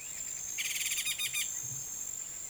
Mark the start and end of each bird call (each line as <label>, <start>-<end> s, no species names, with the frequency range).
bird call (1.3-6.7 kHz), 0.50-1.61 s